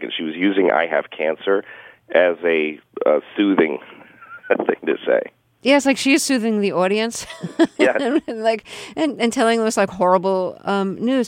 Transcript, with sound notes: She was using I have cancer as a soothing thing to say.
Yeah, it's like she's soothing the audience.
(LAUGHTER) Yes.
And telling this like horrible news.